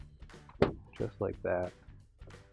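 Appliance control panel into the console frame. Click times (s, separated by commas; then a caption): 0.6 s. An appliance control panel, tilted slightly forward, is pushed into its console frame housing while a cancel button set (8181681) is being fitted, and someone talks throughout. One sharp, loud hit at 0.6 s marks the panel locking into place, confirming it is seated.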